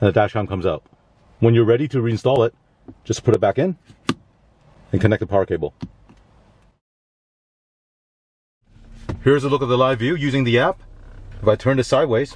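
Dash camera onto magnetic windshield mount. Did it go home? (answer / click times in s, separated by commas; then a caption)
yes / 4.1 s. A DDPAI Mini5 4K UHD plastic dash camera is put back onto its magnetic windshield mount while someone talks. A single sharp snap at 4.1 s marks it seating on the mount.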